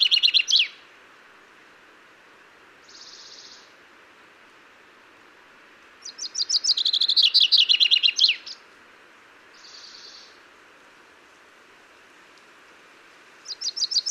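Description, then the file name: Common chaffinch singing repeated descending trills with a final flourish, one full song in the middle and partial songs at each end, with two short buzzy bursts in the gaps. "Fringilla coelebs"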